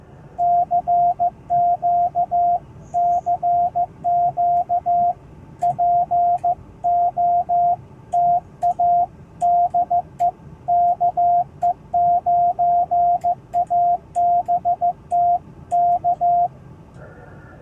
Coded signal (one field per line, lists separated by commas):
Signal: Morse code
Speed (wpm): 15 wpm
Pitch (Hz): 700 Hz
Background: radio noise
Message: CQ CQ POTA DE KE9ABT K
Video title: Successful POTA Activation Down Town Indianapolis!